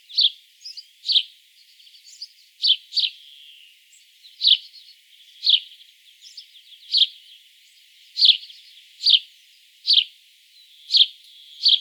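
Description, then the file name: House sparrow calling with a run of emphatic chirps, some doubled, spaced irregularly, plus quieter chattering notes between them. "Passer domesticus"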